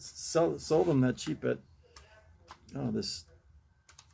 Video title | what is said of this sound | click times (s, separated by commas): My Old Back Porch | these there it goes it clicked in oh that's nice that's beautiful look at that | 3.9 s, 4.0 s